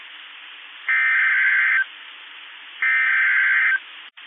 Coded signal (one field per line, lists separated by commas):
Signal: Emergency Alert System (SAME) tones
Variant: header bursts